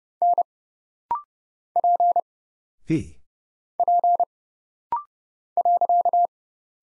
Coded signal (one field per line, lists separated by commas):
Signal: Morse code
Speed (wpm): 30 wpm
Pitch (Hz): 700 Hz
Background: none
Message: N P P .